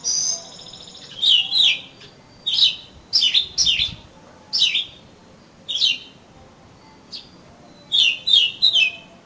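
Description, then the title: Oriental magpie-robin singing loud, sharp downslurred whistles repeated at short intervals, ending in a quick run of notes. "Kacer Kacer"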